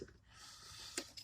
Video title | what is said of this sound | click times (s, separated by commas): 05 Lincoln town car fuel rail sensor replacement. | Slide that back in. You hear the snap. | 1.0 s